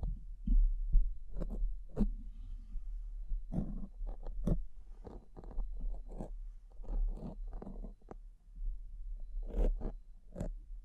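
Tapping, scratching, brushing and crinkling sounds follow one another without pause, some sharp and bright, others soft and muffled. Quick bursts come every fraction of a second, with denser scratchy runs near the fourth and tenth seconds, over a steady low rumble.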